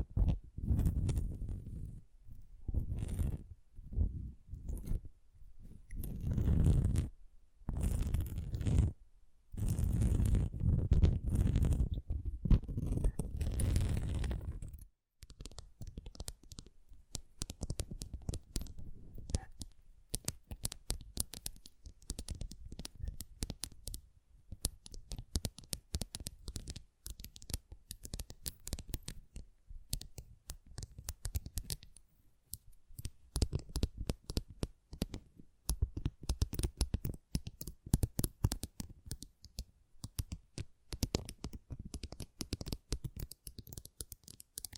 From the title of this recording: Tingly Sound Assortment